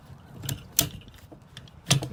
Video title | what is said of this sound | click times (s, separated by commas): BMW 335i n54 (BMP) Black Market Parts stage 3 LPFP | Alright, you heard that snap, so that's connected. | 0.8 s